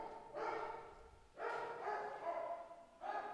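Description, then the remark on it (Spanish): A dog barks three times at uneven intervals, each bark loud, drawn out and slightly howling, with no voices in between, interrupting a preacher's sermon on Romans 9:13. “Uy, no, ese perrito sí.”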